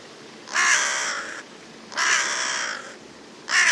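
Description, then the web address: Bird uttering long, drawn-out hoarse caws, two full calls nearly a second each and a third starting at the end, over faint background hiss. "cianscape. Deverinetal 2025. Bird Only"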